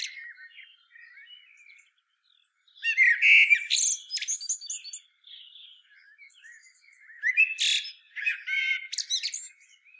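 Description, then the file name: Common blackbird giving high squeaky, twittering notes in two louder bursts, with quieter thin sounds before and between them. "Turdus merula"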